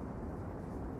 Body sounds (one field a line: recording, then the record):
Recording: background sound without coughing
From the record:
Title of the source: Train Ride Ambience ambient white noise for sleeping, focus, studying, reading